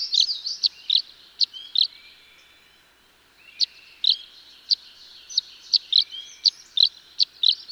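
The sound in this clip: Tree swallow twittering: quick liquid chirps, a pause of near silence, then evenly spaced chirps resuming at a brisk rhythm.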